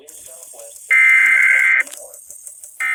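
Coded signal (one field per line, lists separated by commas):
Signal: Emergency Alert System (SAME) tones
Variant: header bursts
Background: speech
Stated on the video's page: NOAA Weather Radio required weekly tests, including SGX and VEF.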